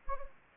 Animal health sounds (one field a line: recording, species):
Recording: mosquito wingbeat signal from an infrared sensor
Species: Anopheles gambiae